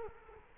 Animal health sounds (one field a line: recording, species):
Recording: mosquito wingbeat signal from an infrared sensor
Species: Culex quinquefasciatus